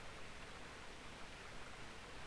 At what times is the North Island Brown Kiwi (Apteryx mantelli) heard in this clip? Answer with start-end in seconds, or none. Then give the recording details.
none. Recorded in New Zealand on 24 November 2015. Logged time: 04:12. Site DD67